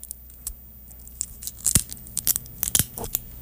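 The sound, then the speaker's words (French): Dry persimmon leaves being pulled off: crisp, irregular crackles and small tearing snaps, with a few louder rips near the middle and end, and no talking. “tu vas pouvoir enlever les petites feuilles sur notre kaki et tu vas pouvoir tout couper ça dans ce micro magique-là, il est tellement fin.”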